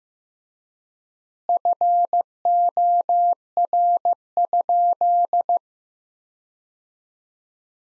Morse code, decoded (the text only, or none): FOR?